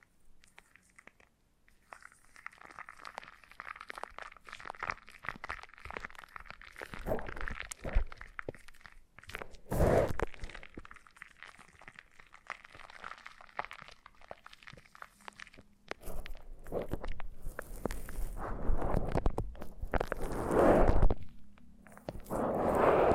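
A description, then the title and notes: Foam being squeezed and rubbed, with a soft, crackly squish that hovers in a steady mid-range hiss for the first half. Sharper thumping presses land near 10, 20 and 23 seconds, and the handling grows busier and louder after about 16 seconds. ASMR Brain Melting Foam Massage for Sleep (No Talking).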